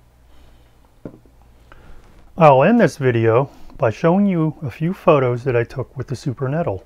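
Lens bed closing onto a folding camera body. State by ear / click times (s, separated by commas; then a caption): seated / 1.7 s. The metal lens bed of a Zeiss Ikon Super Nettel folding camera is closed onto the camera body after the side tabs on the lens panel are pressed and the bed is lifted. A few small taps come in the first two seconds, and the bed latches shut with a small click at 1.7 s. Afterward someone talks.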